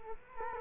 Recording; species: mosquito wingbeat signal from an infrared sensor; Culex quinquefasciatus